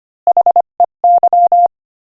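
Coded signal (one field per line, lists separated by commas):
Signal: Morse code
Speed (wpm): 24 wpm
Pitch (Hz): 700 Hz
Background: none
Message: HEY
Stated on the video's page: Morse code practice at 25 wpm, sending a joke.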